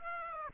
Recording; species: mosquito wingbeat signal from an infrared sensor; Aedes aegypti